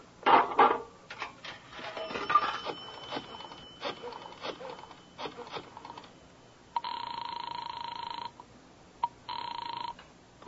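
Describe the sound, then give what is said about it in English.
A telephone rings twice in a phone booth in a drugstore, each long, buzzing electric ring loud and steady, preceded by several seconds of scattered knocks, shuffles and clatter. “Then you stroll casually to the overcoat, slip it on, and walk rapidly to a drugstore 3 blocks away, where you enter a phone booth.”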